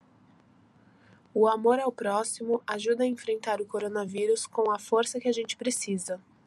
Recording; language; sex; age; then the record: spoken sentence; Brazilian Portuguese; female; 20 to 29 years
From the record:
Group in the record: control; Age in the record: 26 years